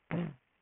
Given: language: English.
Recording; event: throat vibration sensor signal played as sound; throat clearing